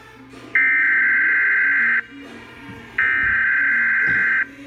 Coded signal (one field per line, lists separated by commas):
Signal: Emergency Alert System (SAME) tones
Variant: header bursts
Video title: EAS #129 Child Abduction Emergency